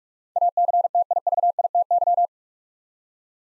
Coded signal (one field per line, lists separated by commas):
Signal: Morse code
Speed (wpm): 42 wpm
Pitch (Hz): 700 Hz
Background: none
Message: ACTIVITY